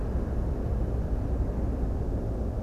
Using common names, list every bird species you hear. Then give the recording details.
none. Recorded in France